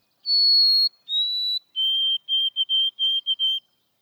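White-throated Sparrow song: a long, clear whistled note, then a slightly lower held whistle, followed by a string of short, even whistled notes on one pitch.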